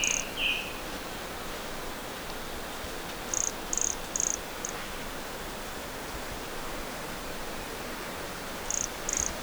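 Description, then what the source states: Brachycephalus sulfuratus toadlet calls: a brief chirp, then a series of four short, high, buzzy notes about half a second apart, and another series beginning at the end; soft hiss throughout. Recorded at Morro do Garrafão by LFRibeiro; specimen not collected; MHNCI collection.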